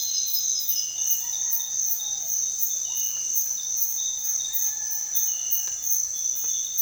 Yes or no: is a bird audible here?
yes